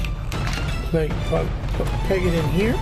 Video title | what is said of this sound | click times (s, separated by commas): "Toys in my closet" presents masters of the universe retro origins toy haul unboxing review!!! | so we'll tap that in and it has a really nice click to it and we'll put obviously | 0.3 s